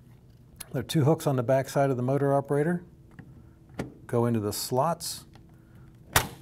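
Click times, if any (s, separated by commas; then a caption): 6.2 s. A motor operator is mounted onto a 3VA 125 A molded case circuit breaker: its two hooks on the back go into the slots on the breaker, then it is pressed until it snaps in place. Someone talks, with a few faint handling taps in the pauses. A single sharp snap at 6.2 s shows the motor operator is seated on the breaker.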